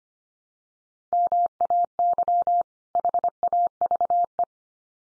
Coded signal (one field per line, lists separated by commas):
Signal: Morse code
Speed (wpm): 25 wpm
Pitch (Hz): 700 Hz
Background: none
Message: MAY HAVE